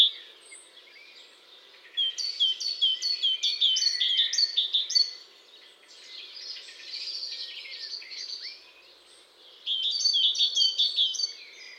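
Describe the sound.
Great tit singing bright, repeated two-note phrases in quick bursts, a long run early on and another near the end, with softer twittering between.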